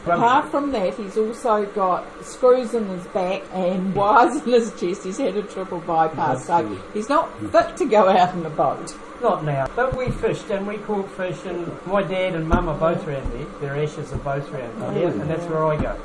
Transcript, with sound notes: Apart from that he’s also got screws in his back and wires in his chest – he’s had a triple by-pass, so he’s not fit to go out in a boat. [Noise is kettle boiling] Not now, but we fished, and we caught fish, and… my dad and mum are both round there. Their ashes are both round there, and that’s where I go.